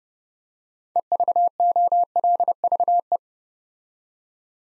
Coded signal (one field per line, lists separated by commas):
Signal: Morse code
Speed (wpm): 30 wpm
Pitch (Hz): 700 Hz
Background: none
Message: EVOLVE